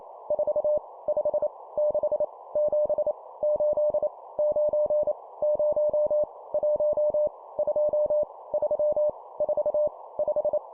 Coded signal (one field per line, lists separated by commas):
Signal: Morse code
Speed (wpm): 28 wpm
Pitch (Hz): 600 Hz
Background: none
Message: 4 5 6 7 8 9 0 1 2 3 4 5